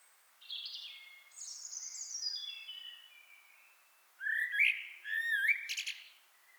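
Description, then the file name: Common blackbird sings a quiet high squeaky passage, then two loud mellow fluted phrases with sharp twittering accents. "Turdus merula"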